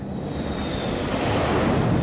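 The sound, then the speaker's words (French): A loud, steady jet aircraft roar from stock footage of jets shown as heavy military equipment fills the whole clip, a dense rushing noise with a faint high whine running through it and building slightly toward the end. No one speaks. “Là, il y a des jets pour illustrer le propos de matériel lourd.”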